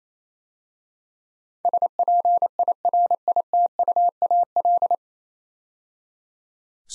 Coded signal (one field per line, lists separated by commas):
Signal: Morse code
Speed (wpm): 27 wpm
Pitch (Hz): 700 Hz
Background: none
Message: SPIRITUAL